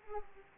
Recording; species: mosquito wingbeat signal from an infrared sensor; Aedes aegypti